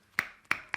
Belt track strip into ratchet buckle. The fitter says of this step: it locks into place you pull the little stub and you can open it up and it's that simple guys